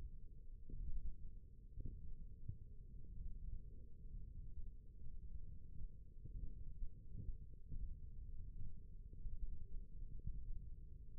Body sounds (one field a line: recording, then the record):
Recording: forearm muscle sounds (acoustic myography)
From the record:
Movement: index flexion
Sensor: system 1, eight BSWA MPA416 microphones around the upper forearm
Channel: 4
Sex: male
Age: 20 years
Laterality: left